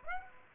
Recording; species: mosquito wingbeat signal from an infrared sensor; Aedes aegypti